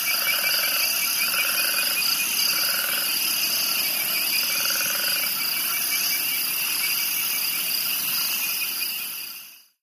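Cricket chorus of continuous high, ringing trills, with lower pulsed calls repeating; the sound fades out at the end.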